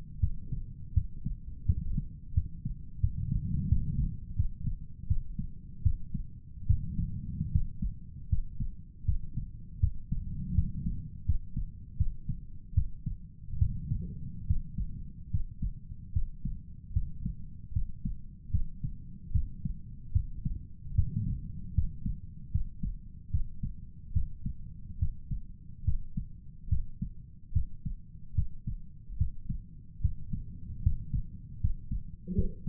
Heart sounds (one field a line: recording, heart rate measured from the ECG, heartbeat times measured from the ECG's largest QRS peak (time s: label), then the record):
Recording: heart sounds by stethoscope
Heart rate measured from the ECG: 77 bpm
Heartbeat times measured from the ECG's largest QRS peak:
0.19 s: heartbeat
0.93 s: heartbeat
1.65 s: heartbeat
2.33 s: heartbeat
3.00 s: heartbeat
3.68 s: heartbeat
4.36 s: heartbeat
5.07 s: heartbeat
5.82 s: heartbeat
6.66 s: heartbeat
7.51 s: heartbeat
8.29 s: heartbeat
9.05 s: heartbeat
9.79 s: heartbeat
10.54 s: heartbeat
11.25 s: heartbeat
11.97 s: heartbeat
12.74 s: heartbeat
13.58 s: heartbeat
14.46 s: heartbeat
15.30 s: heartbeat
16.12 s: heartbeat
16.92 s: heartbeat
17.73 s: heartbeat
18.51 s: heartbeat
19.32 s: heartbeat
20.12 s: heartbeat
20.95 s: heartbeat
21.74 s: heartbeat
22.51 s: heartbeat
23.31 s: heartbeat
24.13 s: heartbeat
24.98 s: heartbeat
25.84 s: heartbeat
26.69 s: heartbeat
27.53 s: heartbeat
28.35 s: heartbeat
29.17 s: heartbeat
30.01 s: heartbeat
30.82 s: heartbeat
31.60 s: heartbeat
32.35 s: heartbeat
From the record:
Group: healthy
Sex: male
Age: 35 years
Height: 178 cm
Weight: 64 kg